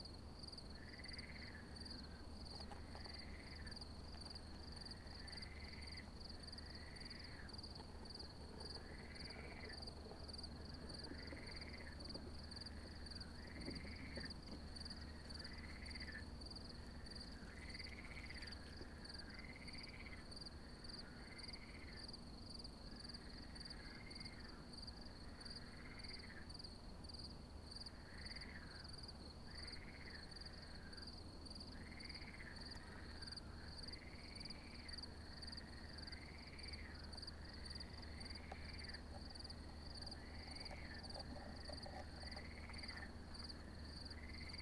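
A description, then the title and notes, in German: Crickets on the Hesselberg keep up a continuous, unchanging high trill for the whole clip. A lower, pulsing chirp repeats roughly once per second alongside it, and a steady low rumble runs underneath throughout. Grillen.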